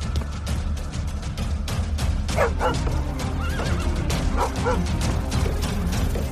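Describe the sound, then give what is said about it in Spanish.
A horse whinnies in two shrill, wavering bursts over a constant low rumble, with sharp clattering knocks and thumps scattered throughout, like hooves striking wood, as a horse and a mule in a stable kick out against about 60 vipers filling it. “Los animales relinchaban y hacían volar a coces los peceros, pero las víboras esquivaban los golpes”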